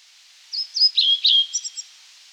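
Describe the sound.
European pied flycatcher song: a brief, high, sweet phrase of quick slurred notes, ending in three short chips, over a steady background hiss.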